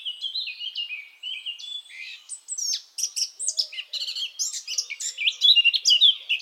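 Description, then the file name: Eurasian blackcap song: a soft warble opening, then a louder, quick run of sweet, varied chattering and fluty notes that grows stronger toward the end. "Sylvia atricapilla"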